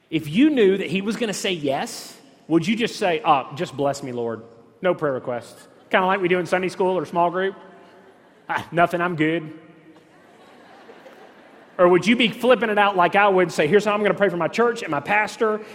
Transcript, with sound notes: If you knew that He was going to say “yes,” would you just say, “Ah—just bless me, Lord—no prayer requests”? Kind of like we say in Sunday school or small group... “Nothin’, I’m good!” (laughter) Or, would you be flippin’ it out like I would, saying: “Here’s how I’m going to pray for my church and my pastor.